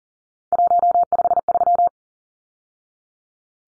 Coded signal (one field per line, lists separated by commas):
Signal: Morse code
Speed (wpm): 40 wpm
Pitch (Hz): 700 Hz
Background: none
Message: 153